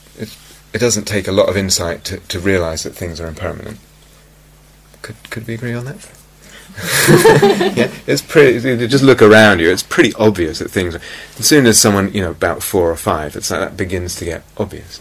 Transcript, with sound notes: It doesn't take a lot of insight to realize that things are impermanent. Could we agree on that? [laughter] Just look around you. It's pretty obvious that things are -- as soon as someone, you know, about four or five, it's like, that begins to get obvious.